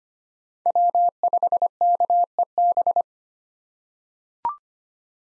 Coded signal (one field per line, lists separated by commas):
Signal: Morse code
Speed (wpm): 25 wpm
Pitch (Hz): 700 Hz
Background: none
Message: W5KEB